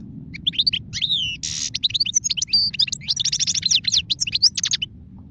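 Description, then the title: European goldfinch song, a fast continuous stream of liquid twittering, trills and a short harsh buzzy note, with steady low hum beneath. Wild goldfinch; singing, described as the most beautiful song. "اجمل غناءالحسون الخلويchant chardonneret sauvage"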